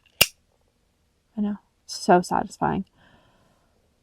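The cap of a Monteverde Regatta fountain pen is snapped shut onto the pen body again, giving a single sharp, loud click at 0.2 s. The cap is seated closed, and afterward someone talks.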